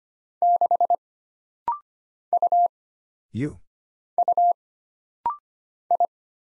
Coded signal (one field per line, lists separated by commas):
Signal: Morse code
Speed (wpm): 25 wpm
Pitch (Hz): 700 Hz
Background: none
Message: 6 U U I